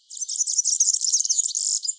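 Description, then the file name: European serin song, a rapid, very high-pitched jingling twitter of buzzy, tinkling notes running almost without pause for about two seconds, with nothing else audible. "girlitz"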